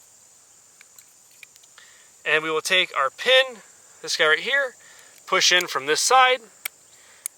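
On a Tavor 7 being converted from right-hand to left-hand configuration, the steel firing pin retaining pin is pushed in from one side of the rifle bolt carrier after the firing pin is refitted from the rear of the bolt, while someone talks over a steady high-pitched hiss. Two sharp metallic clicks are heard at 6.7 s and 7.3 s as the pin locks into place.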